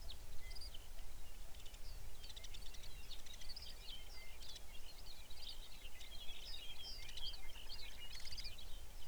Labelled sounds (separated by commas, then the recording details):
songbird
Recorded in the Arctic National Wildlife Refuge, Alaska, on 23 May 2019 at 05:00
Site 49